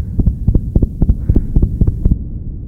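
Deep, regular paired thumps repeat very quickly, at roughly 220 a minute, over a low steady hum before stopping abruptly. It is a racing heartbeat, the pounding heart of acute stress or fear after being verbally abused, insulted and threatened.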